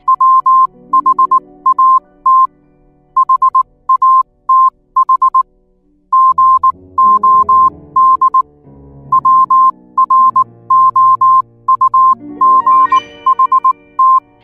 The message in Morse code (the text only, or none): WHAT HATH GOD WROUGHT